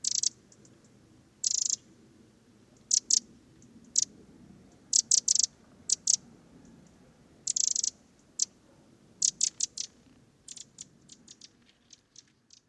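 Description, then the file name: Eurasian wren making hard, high clicking calls, some single and some doubled, coming in irregular bursts that grow fainter and quicker toward the end, over a soft low rumble. "Troglodytes troglodytes"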